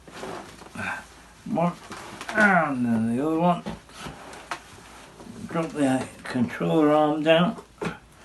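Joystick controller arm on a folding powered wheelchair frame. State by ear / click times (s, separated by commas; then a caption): not seated / none. Someone talks while handling the joystick controller arm on a folding powered wheelchair frame, with a few soft handling knocks between the words. The arm is being dropped down toward its working position, but nothing has seated or clicked yet when the clip ends.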